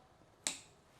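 The hinged plastic lid on a Lynker Gravity electric salt and pepper grinder is flipped open until it clicks into its detent at 0.5 s, a single short, sharp click. The lid stays open and no longer flops.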